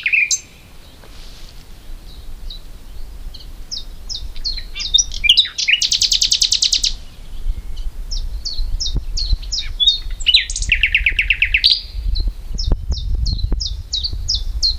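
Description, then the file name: Common nightingale song: a low opening whistle, quick high note series, a loud buzzy rattle, more repeated notes and a lower trill, with low rumble in the background. "Luscinia megarhynchos"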